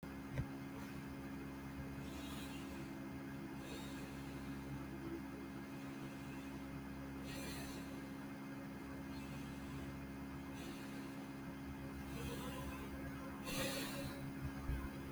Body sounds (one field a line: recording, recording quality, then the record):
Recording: deep breathing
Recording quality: moderate, slight background noise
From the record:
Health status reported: healthy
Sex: male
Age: 45 years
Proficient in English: yes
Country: India